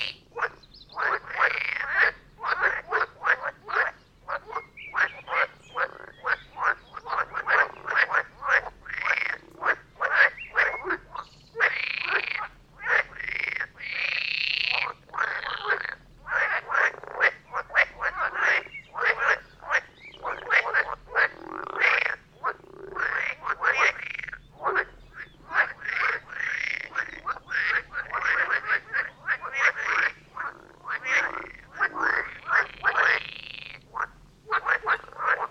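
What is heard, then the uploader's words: A dense frog chorus near a brook, with rapid overlapping croaks and trills sounding nonstop, bright, over a faint low hum. Frog concert near Vellerner Brook in Neubeckum - 2pm - stereo version.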